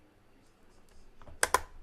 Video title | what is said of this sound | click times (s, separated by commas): How to - Building a PC - Part 2 | but not overly forceful push and then you're gonna hear a click | 1.4 s, 1.6 s